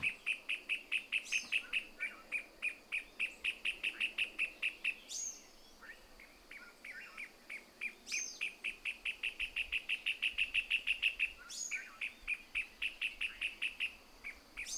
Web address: sound Pale-legged-hornero. صدای-پرنده-هورنرو-پاروشن